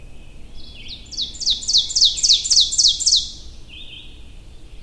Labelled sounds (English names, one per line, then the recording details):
Ovenbird song
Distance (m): 5 m
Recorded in boreal forest in Alberta, Canada, on 22 June 2016 at 05:45
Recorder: SongMeter 3, array SBT-6-76
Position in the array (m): 145 m, 109 m
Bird 3